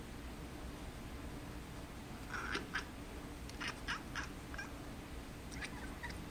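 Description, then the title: Cat meowing in a string of brief, quiet calls, the first a drawn-out wavering meow, followed by several shorter chirpy mews over constant background hum. "Chatty Cats"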